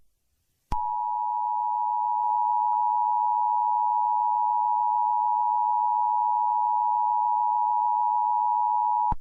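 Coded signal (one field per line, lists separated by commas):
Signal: Emergency Alert System (SAME) tones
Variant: 853 and 960 Hz attention tone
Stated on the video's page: Fictional mock alert scenario made with editing software and text-to-speech; entirely fake.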